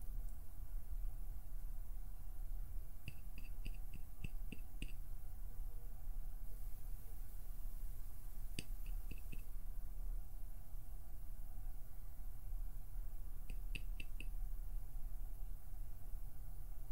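Quick bursts of plucking and finger fluttering flick out near 3, 8.5 and 13.5 seconds over a steady low rumbling hum.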